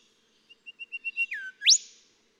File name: Golden Whistler